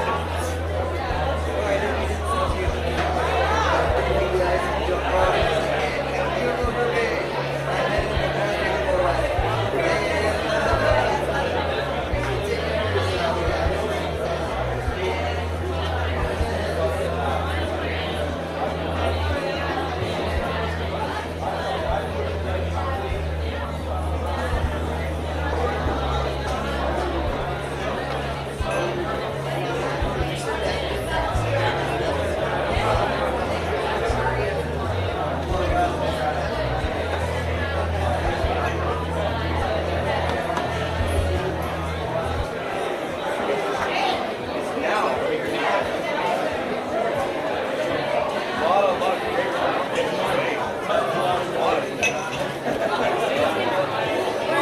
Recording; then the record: background sound without coughing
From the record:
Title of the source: CITY SOUNDS Busy Bar in the Evening Night - 2 HOURS of Ambiance for Relaxation